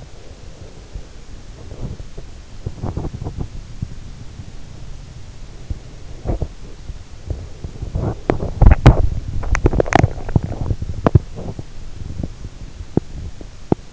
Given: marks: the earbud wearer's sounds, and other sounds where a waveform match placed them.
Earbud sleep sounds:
sounds in sleep by an in-ear microphone; breath, teeth grinding
0.00-1.48 s: breath
1.92-3.82 s: teeth grinding
6.17-13.93 s: teeth grinding

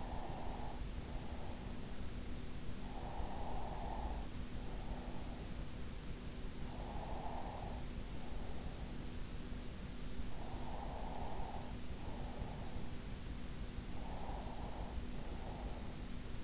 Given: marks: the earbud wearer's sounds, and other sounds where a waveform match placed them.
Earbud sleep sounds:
sounds in sleep by an in-ear microphone; breath
0.00-2.00 s: breath
3.00-6.00 s: breath
7.00-9.00 s: breath
10.00-13.00 s: breath
14.00-16.00 s: breath

